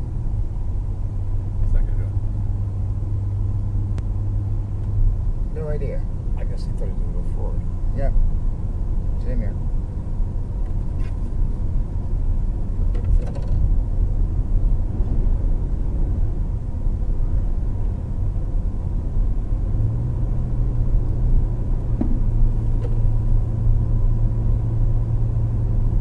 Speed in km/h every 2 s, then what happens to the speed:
106, 111, 113, 114, 116, 119, 119, 119, 118, 119, 121, 122, 126.
0-10 speeds up to 119. 10-26 steady at about 119.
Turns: none.